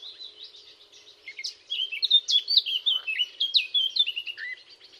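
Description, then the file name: Eurasian blackcap song: a soft, quiet twitter for over a second, then a loud, fast, varied warble of slurred high notes that eases off just before the end. "Sylvia atricapilla"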